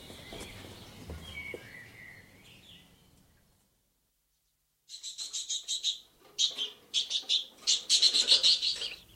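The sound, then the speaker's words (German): After a soft, noisy stretch and a brief silence, a pet bird inside its cage bursts into loud, high-pitched chirping, a rapid run of repeated shrill tweets that grows busier toward the end. “Ich hab so das Gefühl, als wäre er drin, der Vogel.”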